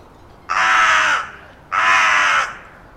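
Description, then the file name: Carrion crow giving two harsh, hoarse caws, each lasting under a second, separated by a short pause. "Corvus corone"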